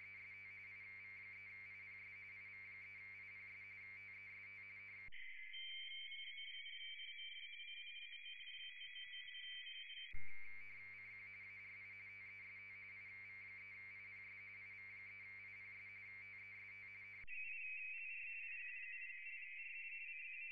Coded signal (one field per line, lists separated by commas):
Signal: RTTY